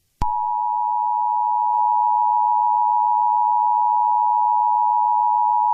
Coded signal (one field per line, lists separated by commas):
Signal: Emergency Alert System (SAME) tones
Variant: 853 and 960 Hz attention tone